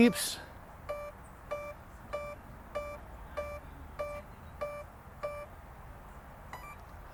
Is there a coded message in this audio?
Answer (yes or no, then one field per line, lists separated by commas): no